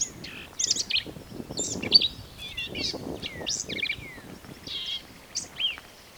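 Black-capped vireo delivering hurried, scratchy and chattered high notes mixed with thin downslurred whistles, one phrase after another.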